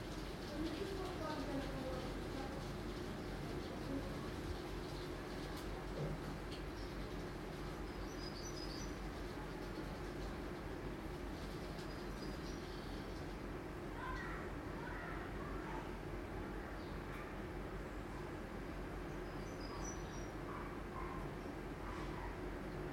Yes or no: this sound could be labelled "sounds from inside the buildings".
yes